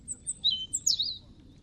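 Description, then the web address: European robin singing a brief, very high phrase of thin whistles and quick sliding, warbled notes, with only faint background noise. "2025 File origin Bird Only Er Ru"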